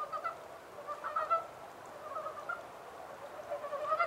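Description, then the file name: Montane brown frogs giving soft, pulsed croaks, a short cluster early on, a quieter spell, then calling picks up again at the end. 14 April 2010. "yamaakagaeru-20100414"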